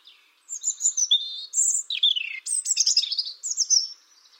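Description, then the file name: European robin song: one continuous phrase of high thin whistles, descending slurs and quick twittering notes. "Erithacus rubecula"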